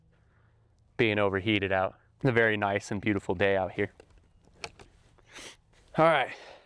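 A rider on a recumbent trike handles his cycling shoe cleats at the clipless pedals, getting ready to clip back in, while someone talks. A few short, sharp taps are heard around 4.6 and 4.8 s. Nothing has clicked or seated yet by the end of the clip.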